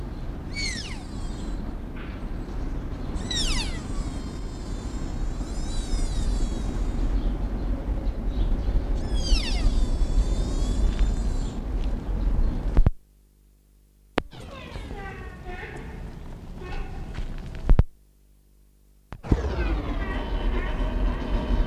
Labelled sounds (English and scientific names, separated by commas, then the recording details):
Sika Deer (Cervus nippon) call
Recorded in captivity
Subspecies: pseudaxis
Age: diverse
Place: Zoo Berlin, Berlin, DE
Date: 1959-07-04 16:00
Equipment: Reporter (Vollspur)
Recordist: Tembrock, Günter